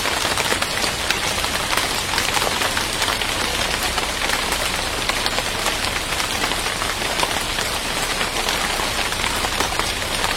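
Rain falls on palm leaves in a dense, steady patter, countless drops tapping with a bright, crackling texture that never lets up. A faint low hum sits underneath throughout the ten seconds.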